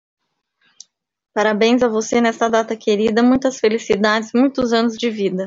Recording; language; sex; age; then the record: short text; Brazilian Portuguese; female; 30 to 39 years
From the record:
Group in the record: control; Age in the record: 35 years